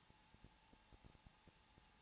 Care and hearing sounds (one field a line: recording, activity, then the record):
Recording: daily activity, microphone in the room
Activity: no activity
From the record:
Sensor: 1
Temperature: 20.2 degrees Celsius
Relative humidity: 35.7%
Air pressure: 994.5 hPa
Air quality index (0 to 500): 182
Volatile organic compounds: 7 ppm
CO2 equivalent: 2000 ppm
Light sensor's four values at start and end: 1/2/1/1 and 1/2/1/1